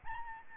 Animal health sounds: mosquito wingbeat signal from an infrared sensor; Aedes albopictus

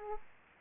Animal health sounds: mosquito wingbeat signal from an infrared sensor; Aedes aegypti

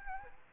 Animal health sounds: mosquito wingbeat signal from an infrared sensor; Aedes albopictus

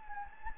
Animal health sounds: mosquito wingbeat signal from an infrared sensor; Anopheles gambiae

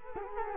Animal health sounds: mosquito wingbeat signal from an infrared sensor; Culex quinquefasciatus

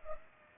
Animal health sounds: mosquito wingbeat signal from an infrared sensor; Culex pipiens

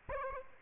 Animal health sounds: mosquito wingbeat signal from an infrared sensor; Aedes aegypti

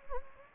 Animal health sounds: mosquito wingbeat signal from an infrared sensor; Anopheles gambiae

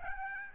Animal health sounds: mosquito wingbeat signal from an infrared sensor; Aedes albopictus

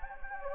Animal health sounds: mosquito wingbeat signal from an infrared sensor; Anopheles gambiae

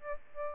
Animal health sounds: mosquito wingbeat signal from an infrared sensor; Aedes albopictus

